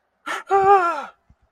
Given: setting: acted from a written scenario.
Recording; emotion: vocal sound without words; fear